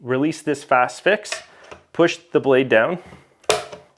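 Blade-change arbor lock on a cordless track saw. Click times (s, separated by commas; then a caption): 3.5 s. Someone talks while releasing the quick-change FastFix lever on a Festool TSC 55 K cordless track saw and pushing the blade housing down. A sharp, loud click at 3.5 s marks the blade-change arbor lock seating into place.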